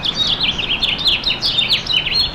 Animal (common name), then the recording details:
House Finch. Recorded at Freeport on Long Island, New York, on 28 May 2013. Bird C